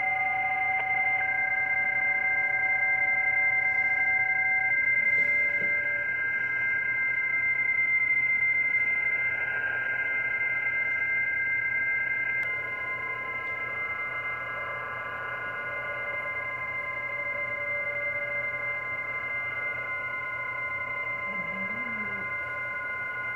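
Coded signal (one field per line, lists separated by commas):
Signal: PSK31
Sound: several steady warbling tones at different pitches over a hissy background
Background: radio static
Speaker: I should be able to um to do a reply and uh uh and conduct a normal um a normal qso here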